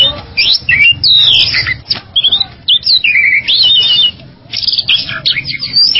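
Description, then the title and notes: Bali myna song, a quick jumble of squeaky sweeps, chatters and rasps separated by short gaps. "Jalak Bali 2. Kicau Burung Jalak"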